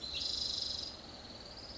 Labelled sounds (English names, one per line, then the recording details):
Spotted Towhee
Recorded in Sonoma County, California